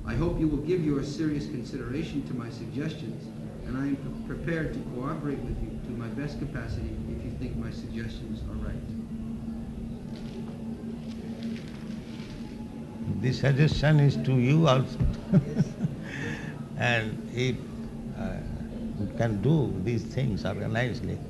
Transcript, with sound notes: I hope you will give your serious consideration to my suggestions, and I am prepared to cooperate with you to my best capacity if you think my suggestions are right."
This suggestion is to you also. [chuckles] And if you can do these things organizedly,